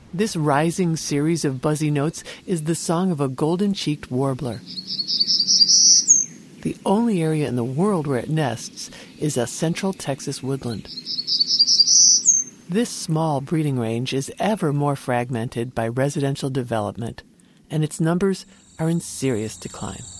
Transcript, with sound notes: This rising series of buzzy notes is the song of a Golden-cheeked Warbler. [Golden-cheeked Warbler song] The only area in the world where it nests is in a Central Texas woodland. This small breeding range is ever more fragmented by residential development and its numbers are in serious decline.